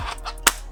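A live CO2 canister is inserted into the canister slot of a Tippmann Omega V2 CO2-version airsoft rifle. A sharp click at 0.5 s, heard as the canister is pierced, is followed by a faint hiss, meaning the canister is seated and the rifle is ready to go.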